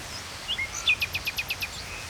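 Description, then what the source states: Common nightingale: a couple of soft whistles, then a rapid trill of several evenly spaced notes. Recorded at Saint-Chamas, Provence-Alpes-Côte d'Azur, France, just before nightfall; line audio, MixPre-3 II recorder.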